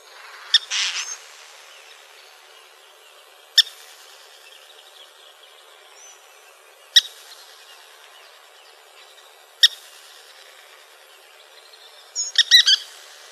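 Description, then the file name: Western kingbird calls: a brief chattered burst, then single sharp kip notes spaced about three seconds apart, ending in another quick stuttering chatter. Calls, recorded in Arizona. "WEKI CALLS deviche"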